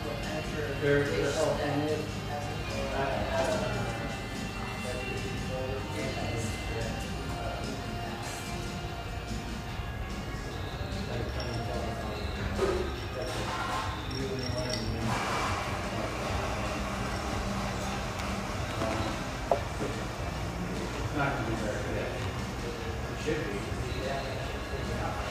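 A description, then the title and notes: An espresso house full of overlapping conversation, a steady murmur of voices with no single speaker standing out for long. A low rumble runs underneath throughout, and occasional clinks of cups or dishes cut through, one sharper clink near the twenty-second mark. Vancouver, Washington. The pleasant hum in this lovely espresso house near the Vancouver riverfront.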